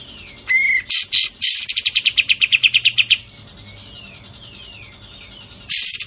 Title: Masteran Kapas Tembak Ampuh. Kapas Tembak Gacor Tembakan Rapat buat Masteran